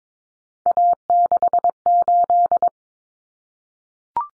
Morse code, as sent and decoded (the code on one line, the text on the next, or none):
.- -.... ---..
A68